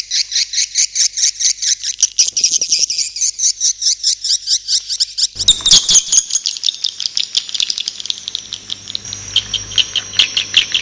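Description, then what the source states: Swiftlet chirps repeat in a rapid pulsing rhythm, then thicken into a denser overlapping twitter with some low noise. Swiftlet sounds used for swiftlet farming in Asia.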